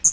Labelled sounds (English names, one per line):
Hooded Warbler flight call